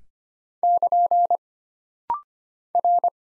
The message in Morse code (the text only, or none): <KN> R